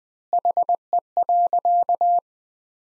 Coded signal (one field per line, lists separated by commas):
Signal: Morse code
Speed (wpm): 19 wpm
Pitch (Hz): 700 Hz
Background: none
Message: HE.